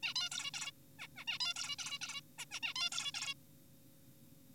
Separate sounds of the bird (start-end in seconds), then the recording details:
0.03-0.14, 0.16-0.29, 0.32-0.51, 0.54-0.71, 0.99-1.07, 1.17-1.25, 1.28-1.39, 1.41-1.54, 1.56-1.76, 1.79-1.99, 2.02-2.21, 2.39-2.45, 2.51-2.60, 2.63-2.74, 2.76-2.89, 2.92-3.11, 3.14-3.34. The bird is an adult. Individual g4p5U